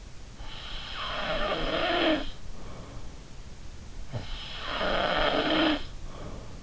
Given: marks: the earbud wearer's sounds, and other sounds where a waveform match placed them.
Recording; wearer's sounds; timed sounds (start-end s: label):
sounds in sleep by an in-ear microphone; snoring breath
0.44-3.08 s: snoring breath
3.98-6.63 s: snoring breath